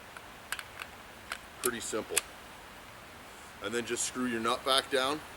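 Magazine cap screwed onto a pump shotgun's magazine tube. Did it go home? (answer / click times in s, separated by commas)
no / none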